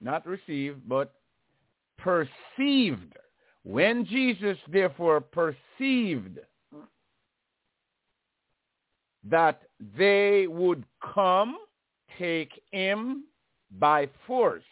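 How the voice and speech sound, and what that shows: An adult male reads a short Bible passage aloud with stuttering. His speech breaks into short fragments separated by long pauses, with a repeated word and drawn-out sounds. He describes the stammer as something he learned and as his natural way of speaking.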